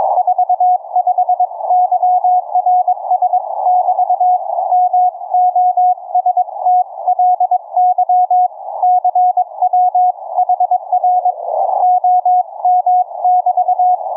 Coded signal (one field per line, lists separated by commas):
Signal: Morse code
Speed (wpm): 22 wpm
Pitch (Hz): 730 Hz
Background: none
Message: 45 YRS <BT> MOSTLY CW HR OM <BT>